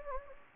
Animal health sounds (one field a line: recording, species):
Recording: mosquito wingbeat signal from an infrared sensor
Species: Anopheles gambiae